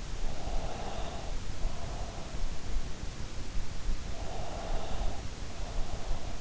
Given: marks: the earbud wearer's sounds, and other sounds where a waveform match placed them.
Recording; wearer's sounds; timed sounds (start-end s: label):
sounds in sleep by an in-ear microphone; breath
0.28-2.51 s: breath
4.11-6.40 s: breath